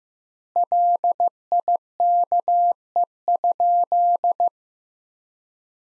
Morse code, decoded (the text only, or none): LIKE?